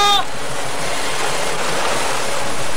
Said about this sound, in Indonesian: Debur ombak ini serta angin yang berlawanan dengan arah yang kutuju menghalangi suara.